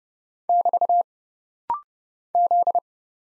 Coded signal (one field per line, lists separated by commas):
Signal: Morse code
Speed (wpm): 29 wpm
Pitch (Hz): 700 Hz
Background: none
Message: <BT> Z